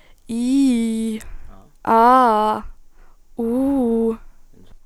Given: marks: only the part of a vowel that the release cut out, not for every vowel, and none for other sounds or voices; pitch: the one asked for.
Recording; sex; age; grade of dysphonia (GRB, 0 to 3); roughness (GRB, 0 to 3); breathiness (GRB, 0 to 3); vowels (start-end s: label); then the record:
sustained vowels; female; 18 to 19 years; 0; 0; 0
0.37-1.06 s: vowel /i/, low-high-low pitch
1.91-2.53 s: vowel /a/, low-high-low pitch
3.44-4.06 s: vowel /u/, low-high-low pitch
From the record:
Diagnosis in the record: healthy voice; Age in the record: 19 years